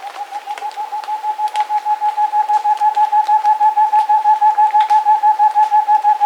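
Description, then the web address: Rufescent screech owl giving a long, even, rapid series of soft hoots on one steady pitch, growing slightly louder at first, with faint clicks behind. South America. "Natures Songs S America Rufescent Screech-Owl"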